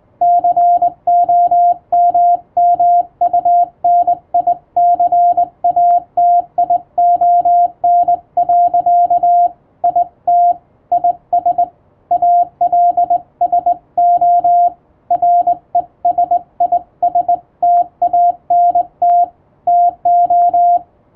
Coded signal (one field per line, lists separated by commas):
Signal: Morse code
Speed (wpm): 21 wpm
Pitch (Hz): 700 Hz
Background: radio noise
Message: COMMUNICATION. IT IS ALSO RESISTANT TO